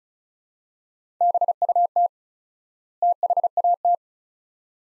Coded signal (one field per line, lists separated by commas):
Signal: Morse code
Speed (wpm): 36 wpm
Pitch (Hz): 700 Hz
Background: none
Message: BUT THAT